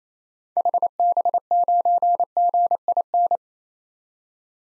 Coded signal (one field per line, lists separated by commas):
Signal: Morse code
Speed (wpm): 28 wpm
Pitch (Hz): 700 Hz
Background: none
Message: HB9GIN